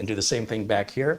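Someone talks while handling the plastic side rail of a tool-less drive tray for a Synology DS224+ 2-bay NAS, lining up its nubs with the screw holes of a 3.5-inch hard drive, flat edge to the front, to push it on until it clicks. Nothing has seated or clicked yet in this clip.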